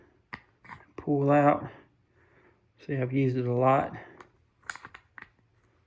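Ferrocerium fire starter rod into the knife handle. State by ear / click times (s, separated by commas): seated / 5.2 s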